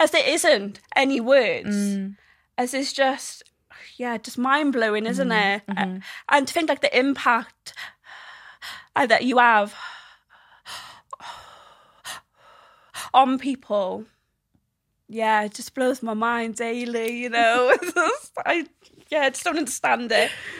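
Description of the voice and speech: An adult woman who has a stammer speaks in short bursts broken by long silent stops mid-phrase, one about three seconds before a single word. There is a repeated word, some stretched sounds and audible breaths: stuttering blocks and repetitions.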